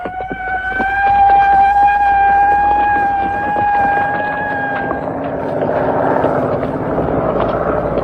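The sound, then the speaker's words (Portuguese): A prison alarm siren, sounded because prisoners escaped, blares a loud, steady, high-pitched tone for about five seconds, then gives way to a rough, rumbling wash of noise. “Toque o alarme das prisioneiras fugir, vamos!”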